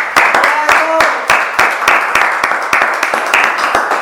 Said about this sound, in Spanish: Bueno, un aplauso